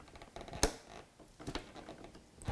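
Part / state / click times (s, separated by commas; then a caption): memory module into motherboard DIMM slot / not seated / none. A DDR4 memory module is reseated into a motherboard DIMM slot, pressed down at the corners, giving a few soft scrapes and taps with a sharp knock near 0.6 s and smaller ones around 1.5 s and 2.4 s. One side of the retention latch fails to click, so nothing has seated or clicked yet.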